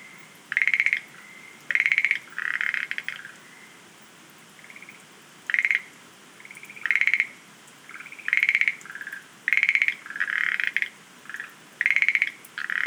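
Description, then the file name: Schlegel's green tree frogs in a loose chorus of clicking, pulsed rattles and buzzier overlapping replies, with a short quiet gap midway. "rodolphe alexis - rhacophorus schlegelii"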